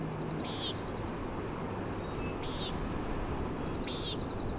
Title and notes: Common Nighthawk "peenting" and "wing booms" 3:58am on top of Schoodic Head (Schoodic Div., Acadia National Park)